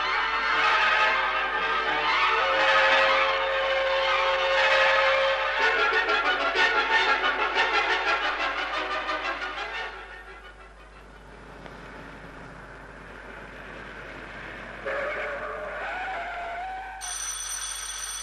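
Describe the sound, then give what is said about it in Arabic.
A car, a taxi, pulls up and stops, its brakes or tires giving a loud, sustained squeal for several seconds before fading into a quieter rumble, with a few brief whining tones near the end. “انا سمعت صوت عربيه وقفت يا جابر.”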